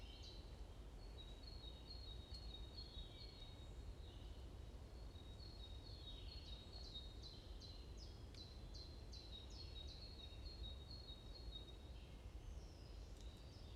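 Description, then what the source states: Bird chirps: thin high trilled notes, then a run of sharp repeated chirps, over a low steady rumble. Morning birds chirping in a forest at Bosvoorde, Watermaal-Bosvoorde, Brussels, Belgium; described as peaceful ('rust'); recorded with an AMBE VR microphone.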